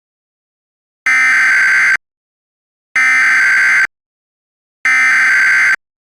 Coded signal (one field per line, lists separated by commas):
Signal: Emergency Alert System (SAME) tones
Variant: header bursts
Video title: EAS Tornado Warning For Montgomery County MD[EAS MOCK 1]